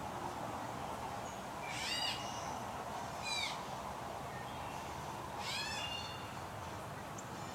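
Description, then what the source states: Blue jay young giving three rough, harmonic squeals, the second shorter and sharply falling, spaced a second or two apart, with low hum beneath. Fledglings.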